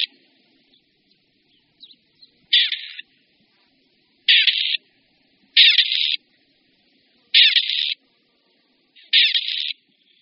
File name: Koroptev-polní